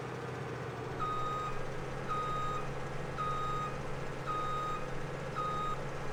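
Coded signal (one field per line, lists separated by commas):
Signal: none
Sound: reversing vehicle warning beeps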